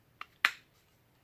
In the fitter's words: a nice little click there's